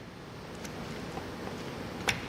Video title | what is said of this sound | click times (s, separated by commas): ¿Cómo ensamblar una computadora? | le insertamos hasta que haga clic de esta forma ya está ya totalmente conectada la tarjeta gráfica y | 2.1 s